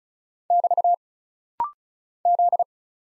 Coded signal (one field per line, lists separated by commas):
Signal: Morse code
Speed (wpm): 36 wpm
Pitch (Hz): 700 Hz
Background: none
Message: <BT> Z